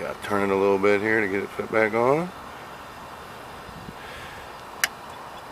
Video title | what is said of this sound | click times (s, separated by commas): 97 Ford Taurus GL Wagon A/C Low Pressure Switch 02 | it snaps in place all | 4.8 s